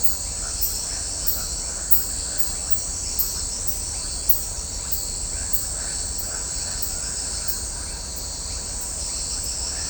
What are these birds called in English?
none